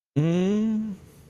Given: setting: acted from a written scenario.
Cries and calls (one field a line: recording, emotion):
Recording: vocal sound without words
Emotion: confusion